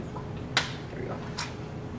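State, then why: Seated. The plastic motor/drive unit of a Dye Rotor R-2 paintball loader is locked back into the loader shell during reassembly. A sharp snap at 0.6 s is followed by a fainter click at about 1.4 s over quiet background noise. The drive assembly is seated, snapped into place.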